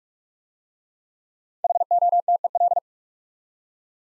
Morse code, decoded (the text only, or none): HOTEL